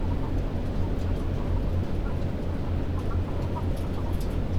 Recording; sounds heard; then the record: poultry house recording; healthy chickens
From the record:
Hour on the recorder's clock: 22